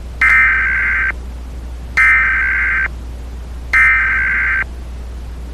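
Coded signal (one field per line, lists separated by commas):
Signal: Emergency Alert System (SAME) tones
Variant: header bursts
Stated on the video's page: Mockup of a short required weekly EAS test on radio, made to test the EASyKIT.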